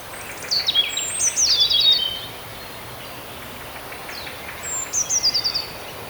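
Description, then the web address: Eurasian blue tit call: a loud thin downslurred note running into a rapid trilled series, repeated after a pause. "modraszkoteka"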